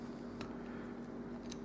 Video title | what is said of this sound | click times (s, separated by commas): Nokia Lumia 900 LCD Screen Replacement | and that you'll feel it click and then just press it in and | 0.4 s, 1.5 s